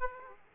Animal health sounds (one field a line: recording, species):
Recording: mosquito wingbeat signal from an infrared sensor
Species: Aedes aegypti